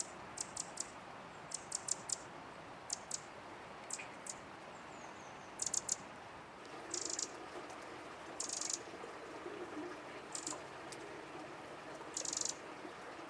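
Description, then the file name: Eurasian wren calls: quick dry ticking notes at first, then longer harsh buzzy high bursts, irregularly spaced, with steady low background noise. "Troglodytes troglodytes"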